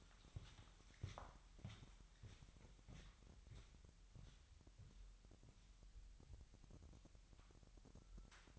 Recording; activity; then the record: daily activity, microphone in the room; walk to room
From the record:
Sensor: 3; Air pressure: 1002.0 hPa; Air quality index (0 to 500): 247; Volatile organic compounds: 49 ppm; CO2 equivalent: 3285 ppm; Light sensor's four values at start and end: 5/9/4/4 and 8/20/8/8